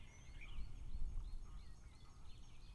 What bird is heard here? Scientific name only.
Parus major